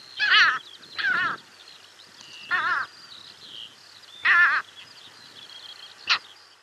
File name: Pomornik bolshoj